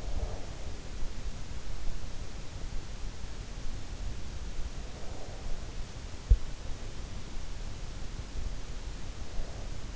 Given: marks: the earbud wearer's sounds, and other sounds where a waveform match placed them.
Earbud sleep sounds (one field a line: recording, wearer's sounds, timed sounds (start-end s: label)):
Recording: sounds in sleep by an in-ear microphone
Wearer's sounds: breath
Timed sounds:
0.00-0.55 s: breath